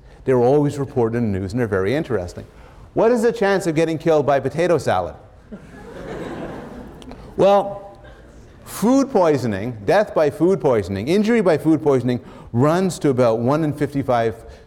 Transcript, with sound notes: They are always reported in the news and they’re very interesting. What is the chance of getting killed by potato salad? [laughter] Well, food poisoning, death by food poisoning, injury by food poisoning runs to about one in fifty-five,